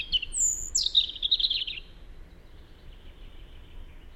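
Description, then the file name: European robin singing one phrase of very high thin whistles sliding down into a jangling trill, followed by quiet. "Erithacus rubecula"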